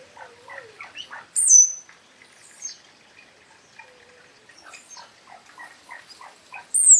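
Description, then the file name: Shiny cowbird vocalizing: low bubbling gurgles followed by a piercing, high, downslurred whistle, then more soft gurgling notes and another sharp whistle at the end. Recorded at Caraíbas on 8 May 2019. "Chupim Molothrus bonariensis OK CARAIBAS"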